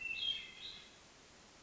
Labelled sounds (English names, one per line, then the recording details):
Hermit Thrush
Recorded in Sonoma County, California